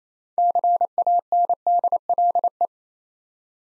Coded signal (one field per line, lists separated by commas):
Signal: Morse code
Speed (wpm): 28 wpm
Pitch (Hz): 700 Hz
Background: none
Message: CANDLE